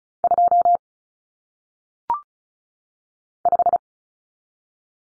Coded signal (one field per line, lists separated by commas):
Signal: Morse code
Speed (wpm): 36 wpm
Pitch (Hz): 700 Hz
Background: none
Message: 2 5